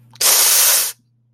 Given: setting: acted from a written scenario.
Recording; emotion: vocal sound without words; pain